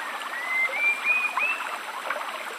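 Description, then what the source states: Spot-winged thrush giving a thin, drawn-out whistle that rises slowly and wavers, over a steady rush of flowing stream water. At a rainforest stream.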